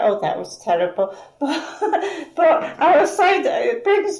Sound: laughs

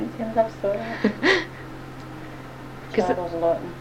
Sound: laughs

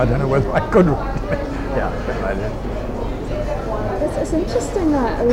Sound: laughs

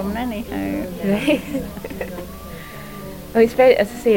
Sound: laughs

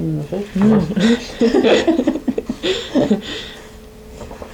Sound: laughs

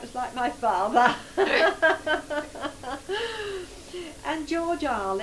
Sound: laughs

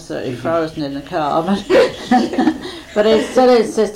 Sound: laughs

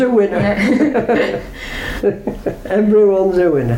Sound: laughs

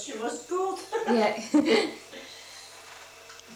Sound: laughs

